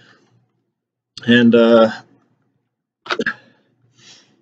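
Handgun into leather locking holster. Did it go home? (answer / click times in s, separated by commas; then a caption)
yes / 3.1 s, 3.3 s. A handgun is pushed into a leather holster that locks on the trigger guard, and the retention lock engages with clicks at 3.1 s and 3.3 s. Someone talks briefly before the clicks, and a faint sound follows near 4.1 s.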